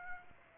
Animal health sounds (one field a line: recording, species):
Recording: mosquito wingbeat signal from an infrared sensor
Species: Aedes aegypti